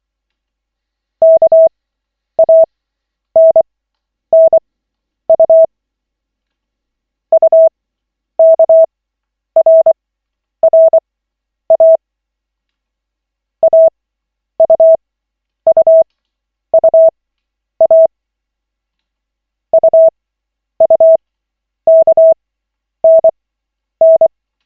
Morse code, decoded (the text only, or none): KANNU UKRRA AUUUA UUKNN